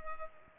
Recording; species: mosquito wingbeat signal from an infrared sensor; Culex pipiens